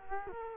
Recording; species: mosquito wingbeat signal from an infrared sensor; Culex quinquefasciatus